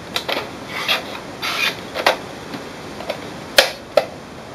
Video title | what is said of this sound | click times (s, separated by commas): HP Sprocket Studio: Unbox, download apps, setup and print | clicks in place then | 3.6 s